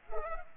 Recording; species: mosquito wingbeat signal from an infrared sensor; Culex pipiens